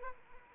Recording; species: mosquito wingbeat signal from an infrared sensor; Anopheles arabiensis